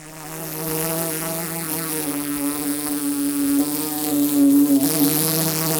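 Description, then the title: Bumblebee buzzing, a continuous hum with layered harmonics, growing a little louder toward the end. Bumblebee trapped inside a metal pole, struggling to get out; Paraje Huerta de Arriba, Blanca, Murcia, Spain; recorded with a Zoom H2. "Paraje Huerta de Arriba, 127, Blanca, Murcia, España - abejorro metálico"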